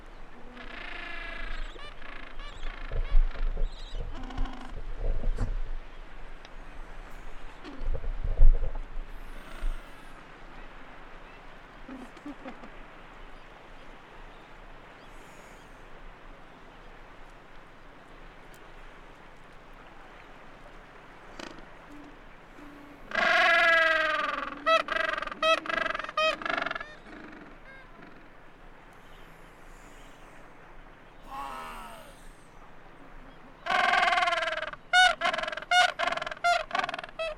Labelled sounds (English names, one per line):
Gentoo Penguin call